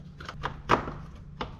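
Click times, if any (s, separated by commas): 0.7 s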